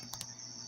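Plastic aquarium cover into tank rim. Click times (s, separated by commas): 0.1 s, 0.2 s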